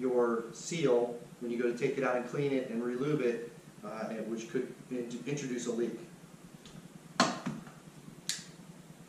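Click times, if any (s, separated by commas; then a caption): 7.2 s, 8.3 s. Someone talks for the first six seconds, then the locking latch on a plastic SeaLife SportDiver underwater iPhone housing is worked. Two sharp clicks are heard at 7.2 s and 8.3 s as the latch clicks closed and seats with a good positive lock.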